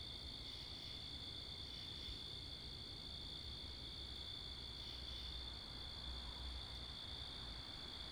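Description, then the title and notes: Cricket chorus, an unbroken high-pitched trill layered from many insects, with steady low traffic rumble and wind underneath. Crickets with cars and wind, Wakefield, Rhode Island, 10 October 2021, 11:35pm at night; recorded facing northeast with two Rode NTG-3 shotgun mics on a Sound Devices MixPre 10ii. "Oct 10th 2021 11:35pm Wakefield, Rhode Island. Crickets, Cars, and Wind"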